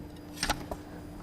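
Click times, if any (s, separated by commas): 0.4 s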